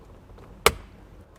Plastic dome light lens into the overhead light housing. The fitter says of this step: and it pops right in.